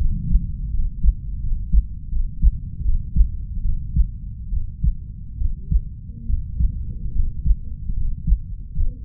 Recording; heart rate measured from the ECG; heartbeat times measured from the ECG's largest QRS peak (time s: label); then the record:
heart sounds by stethoscope; 75 bpm
0.70 s: heartbeat
1.39 s: heartbeat
2.08 s: heartbeat
2.81 s: heartbeat
3.61 s: heartbeat
4.49 s: heartbeat
5.37 s: heartbeat
6.25 s: heartbeat
7.11 s: heartbeat
7.93 s: heartbeat
8.72 s: heartbeat
From the record:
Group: healthy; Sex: female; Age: 32 years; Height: 168 cm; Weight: 61.9 kg